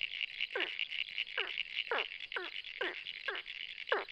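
Ornate burrowing frog giving brief falling notes at an uneven pace, under a constant shrill insect-like chorus.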